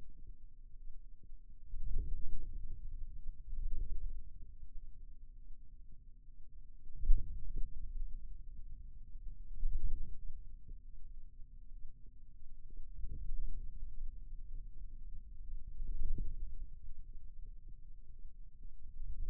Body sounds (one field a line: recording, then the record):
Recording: forearm muscle sounds (acoustic myography)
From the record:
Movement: wrist flexion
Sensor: system 2, bracelet of six BSWA MPA416 microphones around the upper forearm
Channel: 1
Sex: male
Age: 22 years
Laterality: right